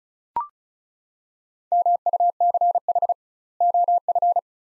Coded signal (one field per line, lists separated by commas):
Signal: Morse code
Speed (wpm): 36 wpm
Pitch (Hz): 700 Hz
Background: none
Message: MUCH OF